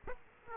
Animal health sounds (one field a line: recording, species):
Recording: mosquito wingbeat signal from an infrared sensor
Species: Aedes aegypti